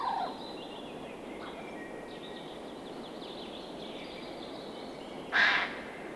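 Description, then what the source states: Eurasian jay letting out a single loud, hoarse screech near the end, after a stretch of soft, twittering from other birds. Field recording.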